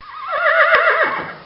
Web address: Bobby Cole Horse-Whinny